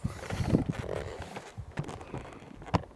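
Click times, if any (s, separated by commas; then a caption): 2.8 s. A folding wing of a plastic X-Wing style FPV drone is unfolded by hand into its hinge lock on the drone body, with rustling and soft handling taps throughout. A sharp click at 2.8 s marks the wing locking into place.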